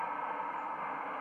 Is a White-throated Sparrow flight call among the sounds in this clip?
no